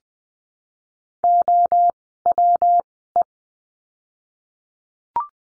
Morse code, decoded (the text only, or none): OWE